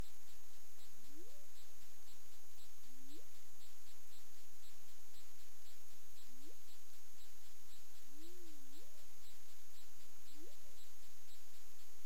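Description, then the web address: Humpback whale calls: rising upsweeps and a wavy moan that climbs at the end, given every few seconds amid steady hiss and rhythmic ticks. Recorded 20 February 2022. "humpback whale 20220220"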